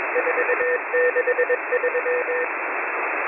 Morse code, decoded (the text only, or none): 463